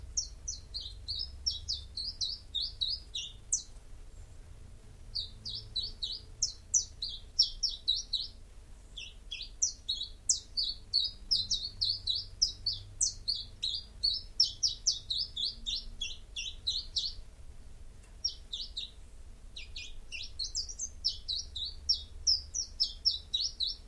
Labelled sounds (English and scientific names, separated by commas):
Common Chiffchaff (Phylloscopus collybita) song